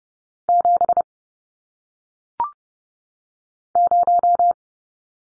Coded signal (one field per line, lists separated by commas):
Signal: Morse code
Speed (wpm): 30 wpm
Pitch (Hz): 700 Hz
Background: none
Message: 7 0